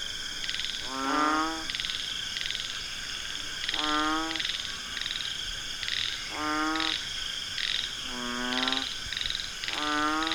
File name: Kaloula pulchra